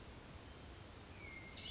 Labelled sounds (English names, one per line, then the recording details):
Hermit Thrush
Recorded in Sonoma County, California